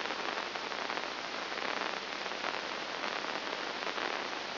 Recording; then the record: brain microelectrode recording played as sound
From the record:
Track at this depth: inside the subthalamic nucleus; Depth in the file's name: 1.904 mm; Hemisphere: left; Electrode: 2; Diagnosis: Parkinson's disease